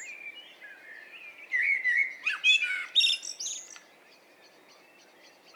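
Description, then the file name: Common blackbird giving a single low fluty phrase that rises into a thin high twitter, followed by quiet. "Turdus merula"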